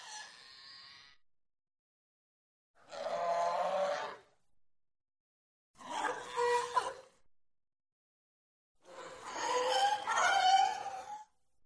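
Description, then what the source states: Sea lion calling four times: a thin nasal opening cry, then rough, grating barks and a long wavering scream, with short silences between. Barks, screams, snarls and grunts.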